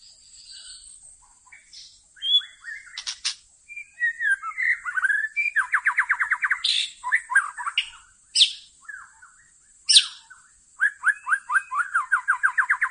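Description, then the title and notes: White-rumped shama song, a varied run of whistles, harsh buzzy bursts and fast rattling trills repeated in quick series, with loud sharp notes between phrases. Lure (pikat) recording used to attract White-rumped shamas. "MB Pikat Jitu.. Suara Mantap. murai batu"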